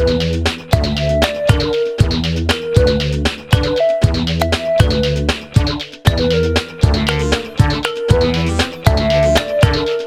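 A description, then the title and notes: Music plays in a beer bar, with a strong, steady bass line and a sustained melody line over it. Sharp beats hit at a regular pace, roughly twice a second, with brief dips in loudness between phrases. No talking stands out. Beer Bar.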